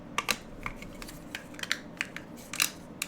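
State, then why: Not seated. A 3D-printed plastic letter face, straight from the printer, is handled against its 3D-printed letter body, making a series of sharp, light plastic clicks and taps, the loudest two near 0.3 and 2.6 seconds. Nothing has seated or clicked home yet.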